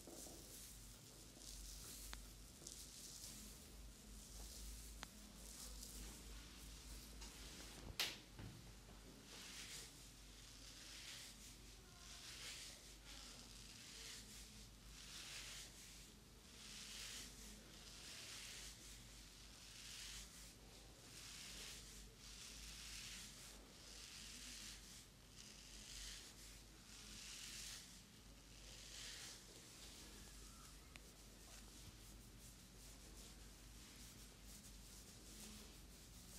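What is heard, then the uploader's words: A head, back and neck massage, heard as steady rubbing and brushing strokes that swell and fade in a slow, regular rhythm, roughly one every second or two. A low hum runs underneath throughout, and a single sharp click lands near eight seconds. ASMR Sleep Relief (No talking) - ASMR Head, Back and Neck Massage.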